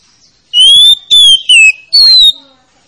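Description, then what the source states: Oriental magpie-robin whistling four strong, pure notes, the first rising slightly, the third sliding down, the last a rough downslurred whistle, then silence. Lure song, known locally as kacer, played to prompt a reluctant, quiet magpie-robin to start singing.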